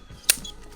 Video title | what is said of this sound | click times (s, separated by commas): Simms Wading Staff vs. Pro Wading Staff | snap into place you're ready to go big thing | 0.3 s